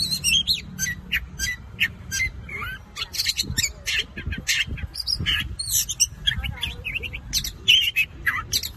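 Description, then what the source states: Long-tailed shrike song, a varied mix of squeaky whistles, rasping notes and chirps in uneven bursts, with some low rumbling background noise. Combination song style (kombinasi).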